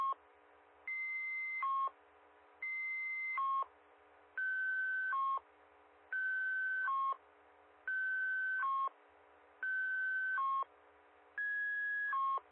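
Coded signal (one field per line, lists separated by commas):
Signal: two-tone page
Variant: fire department tone-out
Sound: seven tone pairs, each a longer higher tone then a shorter lower tone, with short gaps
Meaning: Alert pages for the chiefs, the generals and the rescue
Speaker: it's a set of tones it's only going to set off three uh types of pages the Chiefs the generals and I believe the rescue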